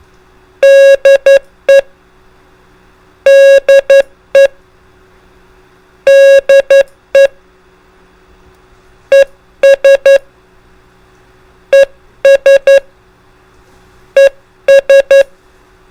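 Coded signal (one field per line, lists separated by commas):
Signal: Morse code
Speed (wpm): 11 wpm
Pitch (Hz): 550 Hz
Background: none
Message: DE DE DE ES ES ES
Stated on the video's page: Morse code examples of common procedural signals, prosigns and CW abbreviations.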